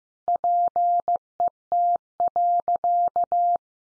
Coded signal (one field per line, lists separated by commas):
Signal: Morse code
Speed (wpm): 15 wpm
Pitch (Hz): 700 Hz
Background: none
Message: PET.